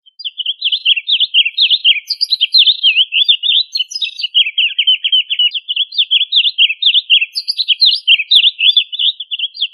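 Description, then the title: Bird singing a rapid, unbroken stream of high chirped and whistled notes that swoop up and down, with short trilled runs and occasional thin higher squeaks. "LuckyPassaros CompletosSama"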